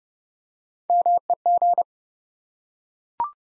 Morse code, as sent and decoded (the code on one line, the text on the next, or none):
-- . --.
MEG